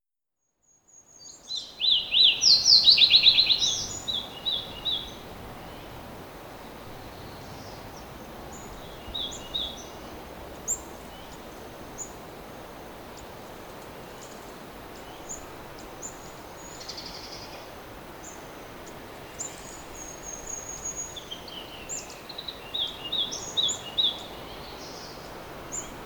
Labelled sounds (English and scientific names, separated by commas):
Fox Sparrow (Passerella iliaca) song